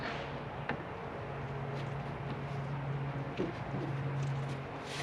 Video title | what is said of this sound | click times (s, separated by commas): Wrangler Gets New Radio and Speakers #jeeplife #jeepwrangler #jeep #carrepair #carmaintenance | snaps in place | 0.7 s